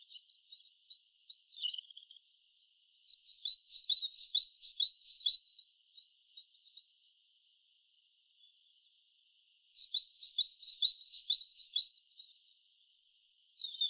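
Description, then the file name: Great tit calls: thin, high notes build into a rapid series of loud chirps, fade to soft ticks, then return in another loud burst. "Parus major"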